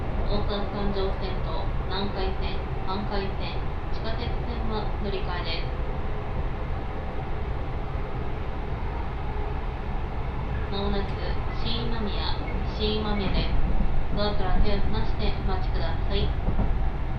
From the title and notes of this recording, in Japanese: 耳で楽しむ鉄道旅 ＪＲ難波→新今宮→京橋→鴫野。大阪環状線の内回り電車に乗り換えて京橋に向かいます。